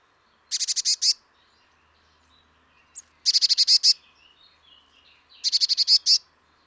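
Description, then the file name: Eurasian blue tit calling in three bursts of rapid, high notes, with a brief faint note just before the second burst. "Cyanistes caeruleus"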